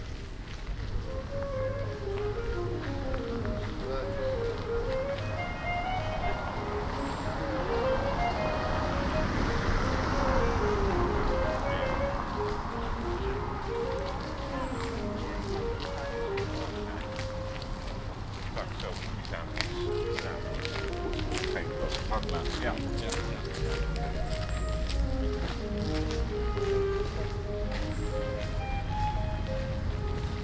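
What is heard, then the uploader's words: Outdoor ambience at an open-air sculpture exhibition: a steady low rumble of traffic underlies a busy wash of voices. Rising and falling tonal swoops, like a siren or sound installation, weave through throughout, with frequent small clicks and footsteps, busiest around the middle. Walking through Den Haag Sculptuur The Hague Sculpture - Lange Voorhout. Walking through Den Haag Sculptuur (The Hague Sculpture), An annual open air art exhibition.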